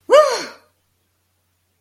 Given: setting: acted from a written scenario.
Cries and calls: vocal sound without words; fear

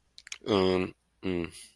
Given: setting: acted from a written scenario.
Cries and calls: vocal sound without words; guilt

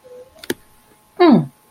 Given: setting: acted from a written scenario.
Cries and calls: vocal sound without words; confusion

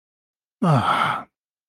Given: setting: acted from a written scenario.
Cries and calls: vocal sound without words; serenity

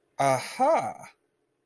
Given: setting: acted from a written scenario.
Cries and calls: vocal sound without words; realization

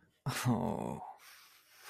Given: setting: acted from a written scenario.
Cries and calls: vocal sound without words; shame

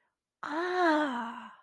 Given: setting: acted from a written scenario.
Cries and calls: vocal sound without words; realization

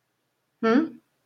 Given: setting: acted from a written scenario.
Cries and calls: vocal sound without words; confusion

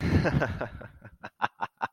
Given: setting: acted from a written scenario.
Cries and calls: vocal sound without words; amusement

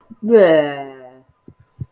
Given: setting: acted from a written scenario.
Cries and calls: vocal sound without words; disgust

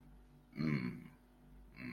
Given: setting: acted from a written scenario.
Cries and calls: vocal sound without words; contentment

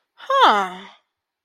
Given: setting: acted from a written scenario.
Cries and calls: vocal sound without words; realization

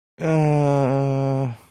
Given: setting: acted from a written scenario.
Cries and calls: vocal sound without words; embarrassment

